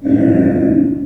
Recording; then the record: squeal of a Yucatan mini pig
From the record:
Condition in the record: after surgery on the right vocal fold (resection and tissue-engineered implant); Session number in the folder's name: 4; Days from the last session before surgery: 26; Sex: female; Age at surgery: 19 weeks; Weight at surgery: 25 kg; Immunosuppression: prednisolone